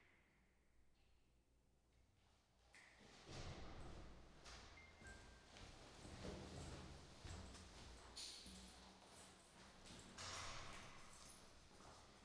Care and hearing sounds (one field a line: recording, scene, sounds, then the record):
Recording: everyday scene through a hearing-aid microphone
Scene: reverberant space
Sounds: background noise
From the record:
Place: staircase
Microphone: in the ear canal, right